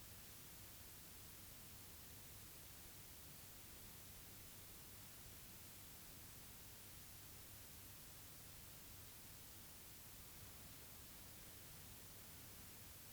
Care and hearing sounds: daily activity, guitar pickup as the sensor; sit

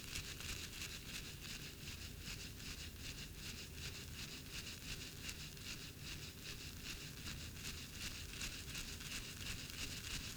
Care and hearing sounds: daily activity, guitar pickup as the sensor; brush teeth

